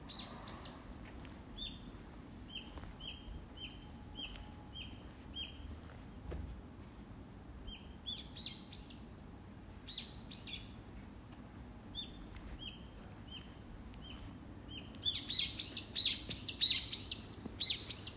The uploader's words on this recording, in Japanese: 近所に来る鳥の鳴き声。たぶんシジュウカラだと思います。